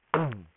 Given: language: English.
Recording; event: throat vibration sensor signal played as sound; throat clearing